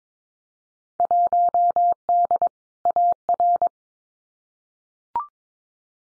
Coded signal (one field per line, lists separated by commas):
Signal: Morse code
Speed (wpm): 22 wpm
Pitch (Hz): 700 Hz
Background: none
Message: 1D AR